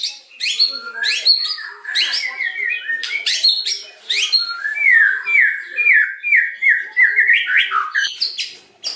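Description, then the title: White-rumped shama singing: fast, varied high whistles and chirps mixed with sharp clicking notes, delivered in dense bursts without pause. White-rumped shama singing energetically (gacor), used as a lure (pancingan) to provoke a response from other birds. "PANCINGAN MEWAH MURAI BATU GACOR"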